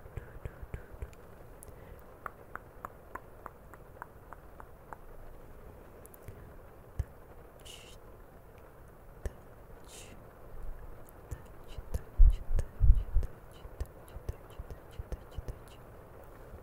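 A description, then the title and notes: Camera touching and mouth sounds: a quiet run of soft clicks, taps and small wet mouth noises over a low hum. Sharp ticks come irregularly throughout, with a few brighter hissy bursts near 8 and 10 seconds, and heavier bumps and handling thuds cluster around 12 to 13 seconds. CAMERA TOUCHING E MOUTH SOUNDS.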